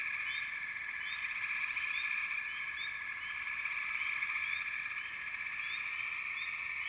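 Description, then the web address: Chorusing frogs give a constant high-pitched trill while short upslurred chirps repeat frequently and irregularly. Frog chorus recorded in the American wilds. "Enter Natures Songs Nature Sounds The Natural Sounds of the Wilderness 10 CDs collection Echoes of Nature - American Wilds Frog Chourus"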